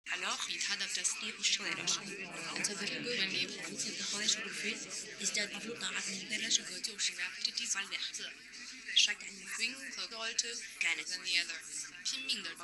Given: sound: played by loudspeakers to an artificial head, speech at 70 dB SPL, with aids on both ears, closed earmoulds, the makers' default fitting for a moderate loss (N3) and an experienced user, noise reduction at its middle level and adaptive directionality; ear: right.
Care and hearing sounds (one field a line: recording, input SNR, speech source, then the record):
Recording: speech test signal (ISTS) in cocktail-party noise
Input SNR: 0 dB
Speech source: in front (0 degrees)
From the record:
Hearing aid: class 1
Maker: J